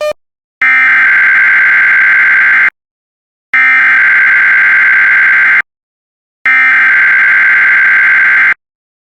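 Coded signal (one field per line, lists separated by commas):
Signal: Emergency Alert System (SAME) tones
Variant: header bursts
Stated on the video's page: Severe thunderstorm watch EAS alert; audio logged from WJON/IP radio.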